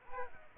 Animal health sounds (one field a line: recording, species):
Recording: mosquito wingbeat signal from an infrared sensor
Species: Aedes aegypti